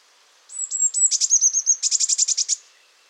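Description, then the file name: Eurasian blue tit call: a few thin high whistled notes run into a fast buzzy churring rattle of more than a dozen pulses. "Cyanistes caeruleus"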